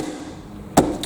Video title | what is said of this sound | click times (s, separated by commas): Waretary Bathroom Storage Cabinet ASSEMBLY and REVIEW Video | locked in place completely locked in place on the sides and the back that's | 0.8 s, 1.0 s